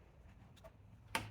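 The electrical wiring connector is pushed onto a new license plate light housing on a 2011–2017 BMW X3 F25, replacing a light that burnt out. After a quiet stretch with a couple of faint soft taps, a single sharp click rings out at 1.2 seconds and fades. The connector is seated.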